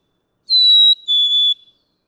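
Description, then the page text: Black-capped Chickadee song, a single pure whistled phrase of two notes, a higher first note dropping to a steady lower second note. Male singing on one pitch for many songs in a row; May 7, 2017, Atlanta, Michigan. "Pitch-shifting, retaining melody—black-capped chickadee. Males can sing on one pitch for many songs in a row. May 7, 2017. Atlanta, Michigan"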